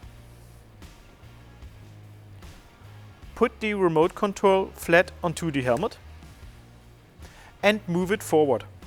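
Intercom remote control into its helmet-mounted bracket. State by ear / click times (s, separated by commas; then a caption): not seated / none. A helmet intercom remote control is being handled at its helmet-mounted bracket, laid flat on the mount to be slid forward. Soft faint knocks are heard around 0.8, 2.4 and 3.4 seconds over background music while someone talks. The clip ends before the part goes home, and nothing has seated or clicked yet.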